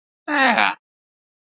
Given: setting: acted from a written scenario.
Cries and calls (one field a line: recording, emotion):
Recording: vocal sound without words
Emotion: positive surprise